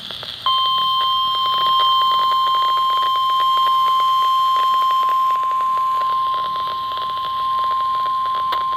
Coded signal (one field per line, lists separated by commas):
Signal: Emergency Alert System (SAME) tones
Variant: 1050 Hz attention tone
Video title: EAS 176: PBZ issues SVR for Forest, Mercer, Venango [PA]